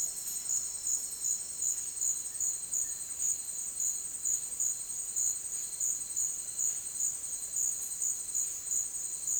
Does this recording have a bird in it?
no